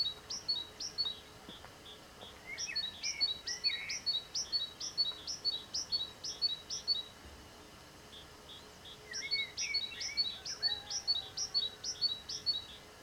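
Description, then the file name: Great tit singing bouncy, repeated two-note high phrases in three bursts separated by pauses, while another bird adds lower slurred whistles. "Parus major"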